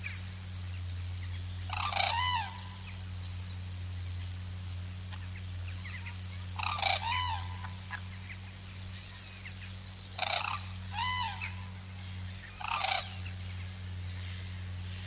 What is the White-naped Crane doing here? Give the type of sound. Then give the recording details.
call. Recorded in captivity. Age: adult. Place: Zoo Münster, Nordrhein-Westfalen, DE. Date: 1988-10-04 13:58. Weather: bedeckt, 14°C. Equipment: Sony WM-D6C, Kopie Uher. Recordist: Tembrock, Günter